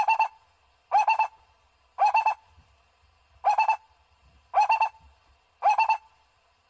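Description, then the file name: Barbet calling with short, hollow, pulsed notes at a steady mid pitch, each burst spaced about one second apart against a quiet background. "tieng cu roc bung nau"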